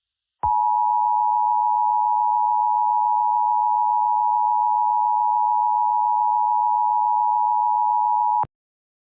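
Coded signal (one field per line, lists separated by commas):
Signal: Emergency Alert System (SAME) tones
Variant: 853 and 960 Hz attention tone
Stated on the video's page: Fictional EAS scenario.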